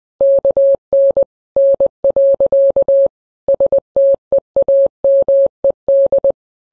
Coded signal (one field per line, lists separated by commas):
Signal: Morse code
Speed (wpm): 21 wpm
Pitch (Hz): 550 Hz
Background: none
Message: KN N. STEAMED